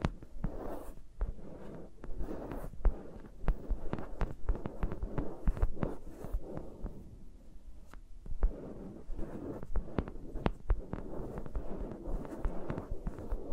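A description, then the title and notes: Fingers rub and tap around microphones, with no talking. Soft, muffled thumps and brushing strokes repeat irregularly throughout, mostly low and dull, with occasional sharper taps reaching higher. A quieter stretch comes around the eighth second before the rubbing grows fuller again. ASMR with Mics Around My Fingers (No Talking).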